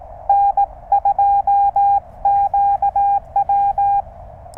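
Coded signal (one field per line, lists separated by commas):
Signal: Morse code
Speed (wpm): 18 wpm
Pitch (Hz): 800 Hz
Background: radio noise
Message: N2QW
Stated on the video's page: QRP CW POTA park activation working DX with a speaker wire antenna tuned by a ZM-2 tuner.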